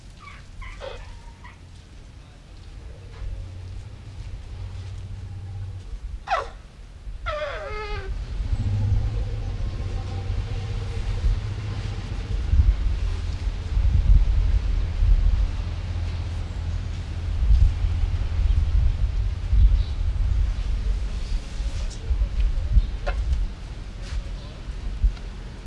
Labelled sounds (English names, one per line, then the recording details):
Asian Elephant call
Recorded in captivity
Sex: female
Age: adult
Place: Zoo Leipzig, Sachsen, DE
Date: 1977-09-14
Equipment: Nagra SN, Kopie Uher Variocord
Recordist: Tembrock, Günter